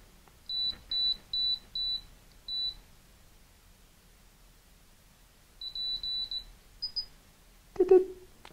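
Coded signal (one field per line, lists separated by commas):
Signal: beep code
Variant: Altus Metro EasyMini altimeter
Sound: about five short high beeps, a pause, a quicker run of beeps, then a clunk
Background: quiet room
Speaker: since uh we don't have both we just have main so we should hear d d so let's hear d d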